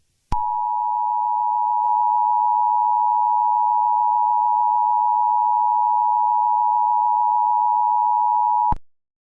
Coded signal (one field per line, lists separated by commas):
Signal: Emergency Alert System (SAME) tones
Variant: 853 and 960 Hz attention tone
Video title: EAS Scenario | Toy Story 5: Plastic Rebellion (#92)